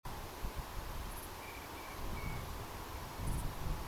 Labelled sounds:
unidentified sound
crickets
Eurasian Dotterel
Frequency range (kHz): Eurasian Dotterel 2.0-2.6 kHz
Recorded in France

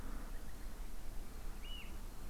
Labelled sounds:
Common Nightingale
Eurasian Oystercatcher
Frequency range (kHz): Common Nightingale 1.7-2.1 kHz; Eurasian Oystercatcher 2.0-3.1 kHz
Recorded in France

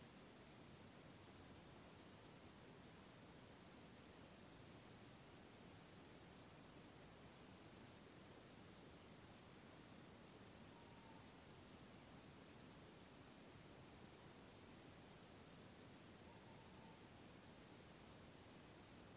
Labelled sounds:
none
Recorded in France

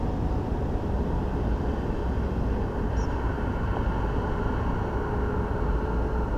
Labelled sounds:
Spotted Flycatcher
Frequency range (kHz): Spotted Flycatcher 5.1-7.2 kHz
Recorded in France

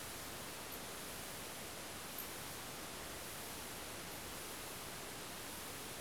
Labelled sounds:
none
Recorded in France

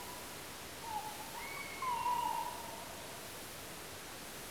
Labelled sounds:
Tawny Owl
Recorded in France

